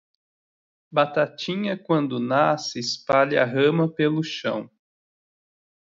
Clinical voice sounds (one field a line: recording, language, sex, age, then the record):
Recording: short text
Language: Brazilian Portuguese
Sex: male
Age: 30 to 39 years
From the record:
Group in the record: control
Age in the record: 33 years